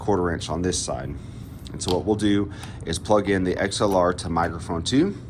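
A man talks while handling an XLR-to-1/4-inch cable, getting ready to push its male XLR end into the microphone 2 input of a CORE Recon audio box. Only his steady speech is heard. The connector has not yet gone in, and nothing has clicked or seated.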